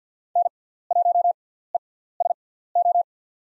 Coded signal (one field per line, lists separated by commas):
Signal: Morse code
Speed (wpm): 50 wpm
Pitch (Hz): 700 Hz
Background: none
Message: N1ESO